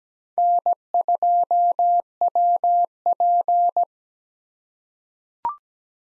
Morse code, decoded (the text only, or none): N2WP